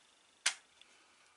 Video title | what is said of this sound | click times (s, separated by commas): Porsche 918 Spyder le final | Et voilà, donc moi je n'ai pas besoin de venir la coller parce que ça s'emboîte et ça tient. | 0.5 s